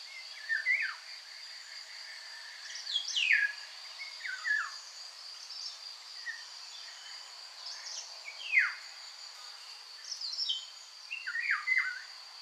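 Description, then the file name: Oriole song of repeated short mellow whistled phrases sliding downward, fairly frequent throughout, over a steady insect drone. "Loriot-d’Europe-Oriolus-oriolus"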